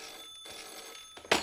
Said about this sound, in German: Ich war dann kaum wieder zu Hause, als das Telefon klingelte.